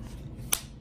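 A FAB Defense AGF-43S polymer folding pistol grip is folded down after its release button is pushed in. It locks into its folded position with a sharp snap at 0.5 seconds over a low background hum, seated and locked in place.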